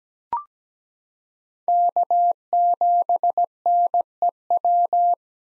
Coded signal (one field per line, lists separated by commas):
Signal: Morse code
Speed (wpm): 17 wpm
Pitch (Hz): 700 Hz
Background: none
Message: K7NEW